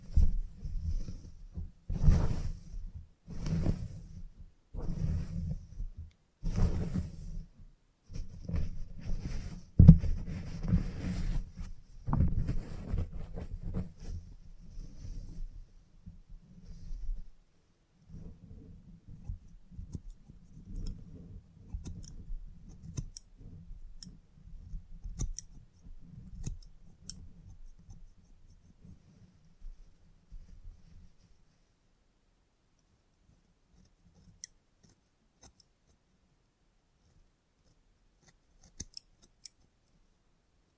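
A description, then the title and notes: Salon haircut sounds: irregular scissor snips and low rustling for thirty seconds, fading to near silence with a few faint clicks. Salon Haircut Head Massage, Scissors and Clipper.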